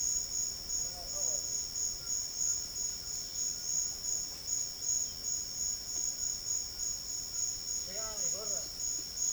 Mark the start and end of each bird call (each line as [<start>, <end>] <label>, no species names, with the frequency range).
[7.89, 8.65] bird call (0.3-2.7 kHz)